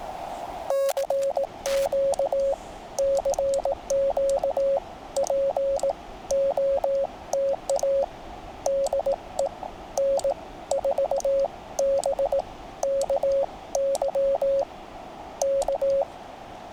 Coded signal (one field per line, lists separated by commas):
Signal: Morse code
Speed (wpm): 18 wpm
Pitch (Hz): 550 Hz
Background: radio noise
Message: CQ CQ POTA DE N4BKY K